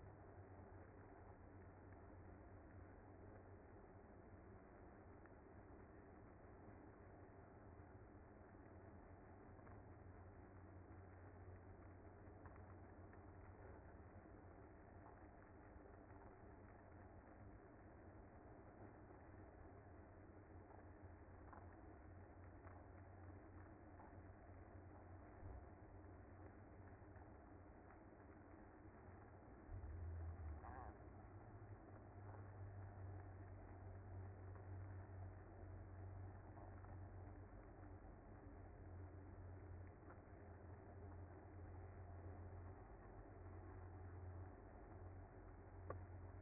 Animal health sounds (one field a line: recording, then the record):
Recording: honeybee colony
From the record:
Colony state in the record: active